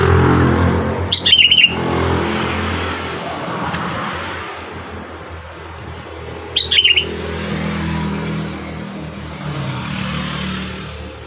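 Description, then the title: Sooty-headed bulbul song: two short bubbly whistled phrases several seconds apart, over a steady low rumble of traffic. "Kutilang"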